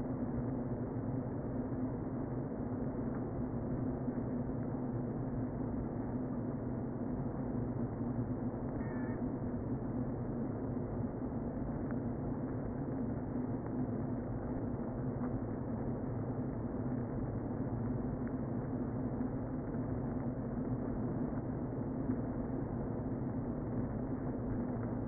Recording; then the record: honeybee colony, microphone inside the hive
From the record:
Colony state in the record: queen present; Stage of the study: before two queens were removed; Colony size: about 60,000 bees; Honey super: yes